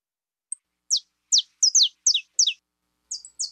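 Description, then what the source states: Belgian canary giving several bright, high downslurred notes at a brisk pace, some doubled, with a short pause before the final few. Pure-bred Belgian canary singing.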